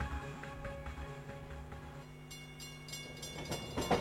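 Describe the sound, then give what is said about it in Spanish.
A train rolls along the tracks with a low, steady rumble and rhythmic clatter of wheels, swelling into sharper metallic bursts toward the end. No one speaks. “Por un ferrocarril al servicio del país y de sus habitantes”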